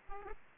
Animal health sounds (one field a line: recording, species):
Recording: mosquito wingbeat signal from an infrared sensor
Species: Aedes aegypti